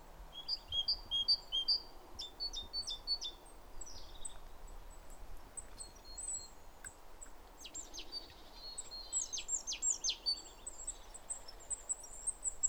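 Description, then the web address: Great tit calls: short, stacked, ringing notes in quick succession, then a jumbled burst of sharp high calls over steady hiss. "SETE data Parus major"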